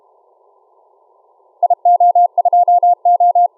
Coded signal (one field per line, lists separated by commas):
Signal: Morse code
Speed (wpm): 37 wpm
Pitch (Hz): 700 Hz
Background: none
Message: IO2O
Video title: Morse Code Decoded using Sorcerer on HD SDR ~ 13/07/2019